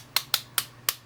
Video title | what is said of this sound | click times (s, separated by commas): Affordable Tripod Review and Comparison #film #diy #socialmedia #influencer #video #videomaker | like that, and it clicks into place. So you can see it's got the 45s, the 90s, | 0.2 s, 0.3 s, 0.6 s, 0.9 s